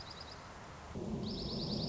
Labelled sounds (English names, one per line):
Dark-eyed Junco